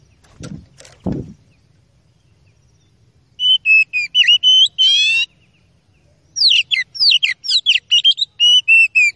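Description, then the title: Oriental magpie-robin song after two dull low thumps: two bursts of whistles, buzzy trills and sharp chattering notes with a pause between. Training recording (masteran) meant to make an opposing kacer agitated and ready to fight quickly. "KACER NGOTOT FULL TEMBAKAN. MASTERAN KACER"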